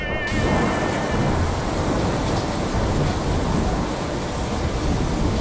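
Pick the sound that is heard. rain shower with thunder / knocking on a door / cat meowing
rain shower with thunder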